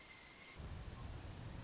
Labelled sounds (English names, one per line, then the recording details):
Pileated Woodpecker
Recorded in Sonoma County, California